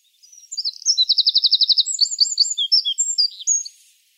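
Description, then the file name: Eurasian wren song: a rapid, high-pitched outpouring of sharp notes with a fast, even rattling trill early on, ending in a thin high note. "Troglodytes troglodytes"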